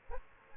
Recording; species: mosquito wingbeat signal from an infrared sensor; Aedes aegypti